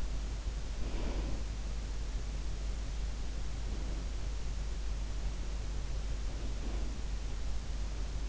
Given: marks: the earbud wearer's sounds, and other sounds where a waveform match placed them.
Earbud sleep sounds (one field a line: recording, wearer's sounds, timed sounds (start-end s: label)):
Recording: sounds in sleep by an in-ear microphone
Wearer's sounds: breath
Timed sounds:
1.02-1.54 s: breath
3.61-4.15 s: breath
6.39-6.90 s: breath